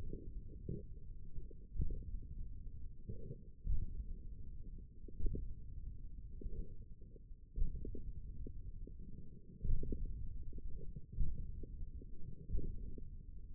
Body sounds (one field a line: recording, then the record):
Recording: forearm muscle sounds (acoustic myography)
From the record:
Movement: radial deviation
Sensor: system 1, eight BSWA MPA416 microphones around the upper forearm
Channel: 1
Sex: male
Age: 42 years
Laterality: right